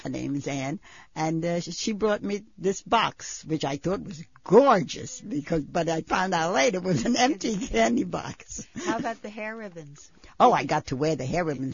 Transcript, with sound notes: Her name was Anne and she brought me this box, which I thought was gorgeous but I found out later (she laughs) was an empty candy box.
How about the hair ribbons?
Oh, I got to wear the hair ribbons.